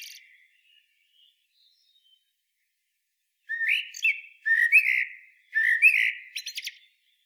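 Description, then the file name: Eurasian blackbird song: after a quiet start, mellow fluted warbling phrases begin near the middle and end in thin, squeaky high twitters. "Turdus merula"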